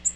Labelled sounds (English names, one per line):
Nashville Warbler flight call